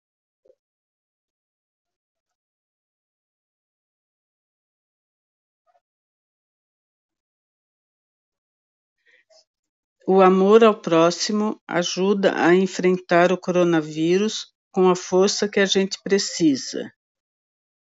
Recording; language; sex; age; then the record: spoken sentence; Brazilian Portuguese; female; 60 to 69 years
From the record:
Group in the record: control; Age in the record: 62 years